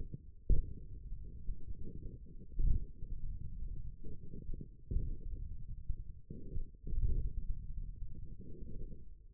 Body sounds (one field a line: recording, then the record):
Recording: forearm muscle sounds (acoustic myography)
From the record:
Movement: wrist flexion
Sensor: system 1, eight BSWA MPA416 microphones around the upper forearm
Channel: 7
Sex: male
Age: 28 years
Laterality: right